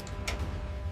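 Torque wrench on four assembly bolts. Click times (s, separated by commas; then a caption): 0.3 s. A torque wrench applies final torque to four bolts on a Leopard 2 tank assembly, with a steady low rumble in the background. A single sharp tick-like click of the wrench sounds at 0.3 s, showing the bolt has reached its set torque.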